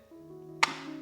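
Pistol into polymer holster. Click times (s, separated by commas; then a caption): 0.6 s. A Glock-style pistol is pushed into a Safariland Incog-X molded polymer EDC holster that has had no tension adjustment, over a steady low tonal hum. A single sharp click at 0.6 s marks the retention locking, and the pistol is seated securely in place.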